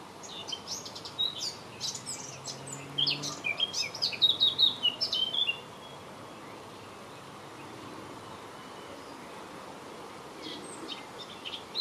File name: طائر القبعة السوداء